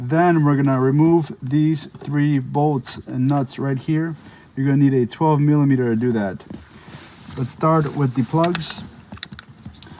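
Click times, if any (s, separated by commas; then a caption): 9.2 s. Someone talks, then around 9.2 s a sharp click sounds as the locking tab on a seat-belt pretensioner wiring plug in a 2016-2019 Nissan Maxima is pressed down. The plug is released and pulled out of its harness socket.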